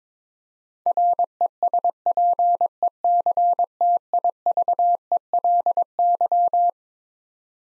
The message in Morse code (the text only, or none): RESPECTIVELY